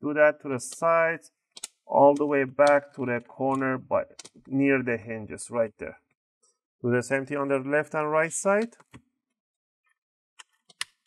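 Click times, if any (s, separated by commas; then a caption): 10.4 s, 10.7 s, 10.8 s. Someone talks, then a guitar pick wedged between the top and bottom plastic covers of an HP Pavilion 15 BS laptop is flipped outward to open the case for a RAM upgrade. The plastic bottom cover's snap clips on the chassis give three short, sharp clicks at 10.4, 10.7 and 10.8 seconds as they pop open and release.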